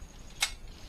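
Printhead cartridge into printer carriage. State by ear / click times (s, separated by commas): seated / 0.4 s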